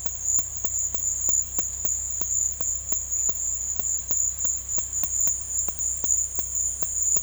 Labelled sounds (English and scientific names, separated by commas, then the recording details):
none
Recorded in dense forest near Puerto Asís, Putumayo, Colombia, on 18 February 2024 at 13:00
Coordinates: 0.487, -76.319
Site G6403